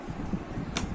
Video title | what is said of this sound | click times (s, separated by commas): Canon IR 5075 Fixing Unit - Assembly - Wave_roller - Thermistor - Shutter - coil - Heater_roller | यह एक तरफा ताला है। हो गया। | 0.8 s